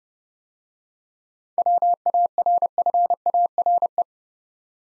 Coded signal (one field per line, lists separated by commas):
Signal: Morse code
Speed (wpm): 29 wpm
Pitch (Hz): 700 Hz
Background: none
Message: WARFARE